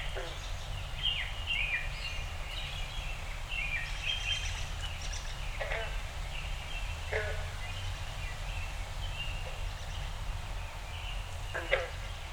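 Dawn in a backyard, with a steady low rumble underneath throughout. Above it, birds call in short bright bursts and chirps, with sharper calls near 1, 6, 7 and 12 seconds. Faint voice-like sounds may mix in with the calls.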